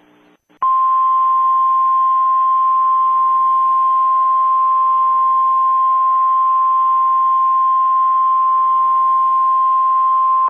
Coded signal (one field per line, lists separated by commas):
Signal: Emergency Alert System (SAME) tones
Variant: 1050 Hz attention tone